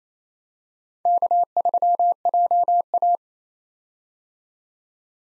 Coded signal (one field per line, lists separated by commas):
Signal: Morse code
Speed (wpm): 28 wpm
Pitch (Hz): 700 Hz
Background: none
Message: K3JA